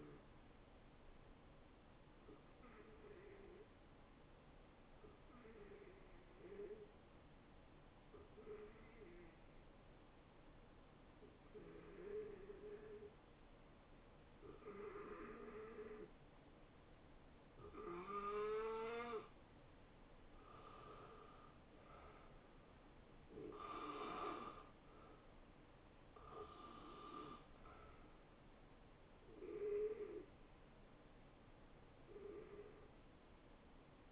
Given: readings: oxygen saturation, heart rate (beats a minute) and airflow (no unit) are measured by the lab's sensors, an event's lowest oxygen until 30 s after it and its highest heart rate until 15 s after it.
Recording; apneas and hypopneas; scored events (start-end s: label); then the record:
breathing in sleep by a voice recorder at the bedside; 1
4.00-20.90 s: hypopnea (N1, oxygen 93% highest, then 84% lowest, heart rate 69 at the start, 75 highest)
From the record:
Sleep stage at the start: N1 (lightest sleep); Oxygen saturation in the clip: 87 to 94%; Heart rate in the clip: 57 to 75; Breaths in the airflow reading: 11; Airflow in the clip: -14.7 to 7.2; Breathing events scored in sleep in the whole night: 263 in 5.5 hours asleep